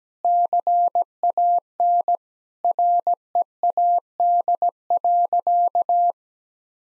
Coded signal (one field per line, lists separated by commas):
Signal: Morse code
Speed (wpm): 17 wpm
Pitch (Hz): 700 Hz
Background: none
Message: CAN READ.